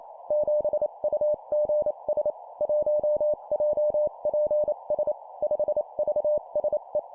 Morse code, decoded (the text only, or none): 7UGS 1JPS 5VSE